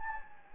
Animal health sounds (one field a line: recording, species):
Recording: mosquito wingbeat signal from an infrared sensor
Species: Anopheles gambiae